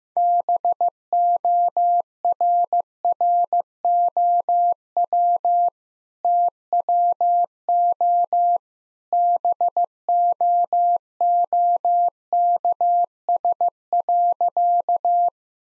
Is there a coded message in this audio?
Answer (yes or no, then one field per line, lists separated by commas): yes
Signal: Morse code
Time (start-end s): 0.2-15.3 s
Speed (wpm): 15 wpm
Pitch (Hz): 700 Hz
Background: none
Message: BORROW TWO BOOKS.